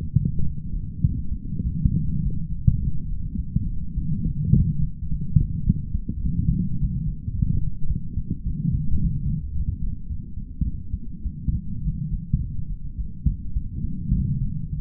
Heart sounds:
heart sounds by stethoscope; 105 bpm
0.44 s: heartbeat
1.03 s: heartbeat
1.64 s: heartbeat
2.22 s: heartbeat
2.79 s: heartbeat
3.37 s: heartbeat
3.96 s: heartbeat
4.53 s: heartbeat
5.09 s: heartbeat
5.66 s: heartbeat
6.23 s: heartbeat
6.79 s: heartbeat
7.33 s: heartbeat
7.88 s: heartbeat
8.45 s: heartbeat
9.00 s: heartbeat
9.54 s: heartbeat
10.08 s: heartbeat
10.65 s: heartbeat
11.24 s: heartbeat
11.83 s: heartbeat
12.40 s: heartbeat
12.97 s: heartbeat
13.55 s: heartbeat
14.13 s: heartbeat
14.70 s: heartbeat
From the record:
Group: healthy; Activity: light exercise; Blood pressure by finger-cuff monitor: 149/65 mmHg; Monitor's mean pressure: 88 mmHg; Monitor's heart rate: 104 bpm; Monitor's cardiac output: 10.8 L/min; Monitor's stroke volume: 103 mL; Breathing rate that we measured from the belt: 25 breaths a minute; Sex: female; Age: 22 years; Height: 160 cm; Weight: 63 kg

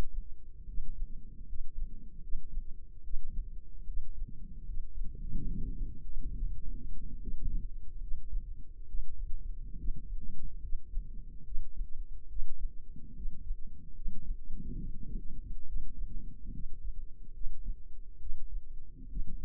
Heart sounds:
heart sounds by microphone in the left ear; 72 bpm
0.66 s: heartbeat
1.46 s: heartbeat
2.20 s: heartbeat
3.01 s: heartbeat
3.84 s: heartbeat
4.64 s: heartbeat
5.45 s: heartbeat
6.32 s: heartbeat
7.18 s: heartbeat
7.99 s: heartbeat
8.85 s: heartbeat
9.75 s: heartbeat
10.59 s: heartbeat
11.42 s: heartbeat
12.26 s: heartbeat
13.12 s: heartbeat
13.92 s: heartbeat
14.77 s: heartbeat
15.64 s: heartbeat
16.50 s: heartbeat
17.31 s: heartbeat
18.17 s: heartbeat
19.06 s: heartbeat
From the record:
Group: healthy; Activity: rest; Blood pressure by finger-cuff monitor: 114/62 mmHg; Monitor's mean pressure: 74 mmHg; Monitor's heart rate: 72 bpm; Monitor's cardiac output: 5.5 L/min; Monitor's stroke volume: 77 mL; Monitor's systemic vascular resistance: 950 dyn s/cm5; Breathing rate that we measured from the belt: 20 breaths a minute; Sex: male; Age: 20 years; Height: 167 cm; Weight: 61 kg

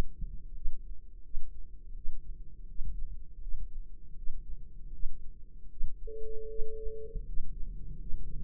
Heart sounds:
heart sounds by microphone in the right ear; 81 bpm
0.53 s: heartbeat
1.22 s: heartbeat
1.93 s: heartbeat
2.66 s: heartbeat
3.40 s: heartbeat
4.15 s: heartbeat
4.91 s: heartbeat
5.69 s: heartbeat
6.47 s: heartbeat
7.25 s: heartbeat
7.97 s: heartbeat
From the record:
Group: healthy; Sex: male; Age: 33 years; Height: 179 cm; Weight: 80.4 kg

